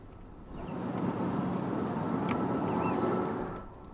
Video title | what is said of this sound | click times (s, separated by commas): Oil Change on Motorcycle is EASY! | When it clicks like this, you'll feel that the thread has properly engaged, and then | 2.3 s